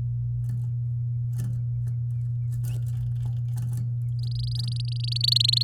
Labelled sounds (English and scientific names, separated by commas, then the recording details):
Domestic Canary (Serinus canaria) song
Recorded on 9 May 2018 at 13:19
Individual llb16